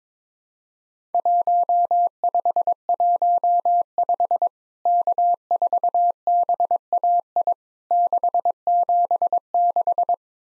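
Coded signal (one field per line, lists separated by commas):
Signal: Morse code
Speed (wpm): 23 wpm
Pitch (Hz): 700 Hz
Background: none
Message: 1515 K4BAI 676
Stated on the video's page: Worked All Europe DX Contest QTC exchange practice at 22wpm, each exchange sent in Morse, then spoken, then sent again.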